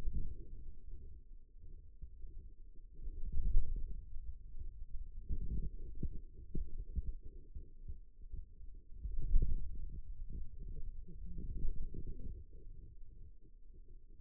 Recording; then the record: forearm muscle sounds (acoustic myography)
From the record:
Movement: wrist flexion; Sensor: system 2, bracelet of six BSWA MPA416 microphones around the upper forearm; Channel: 3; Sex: male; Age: 22 years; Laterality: right